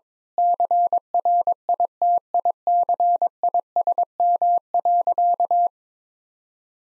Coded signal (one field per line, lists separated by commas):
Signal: Morse code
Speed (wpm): 22 wpm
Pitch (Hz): 700 Hz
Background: none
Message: CRITICISM.